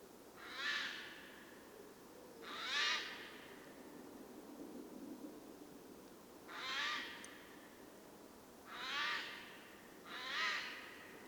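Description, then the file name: Eurasian jay giving harsh, rasping screeches, five in about eleven seconds at irregular intervals, over soft background noise. "Garrulus glandarius"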